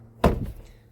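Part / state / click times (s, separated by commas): plastic door trim panel clips into van door frame / seated / 0.2 s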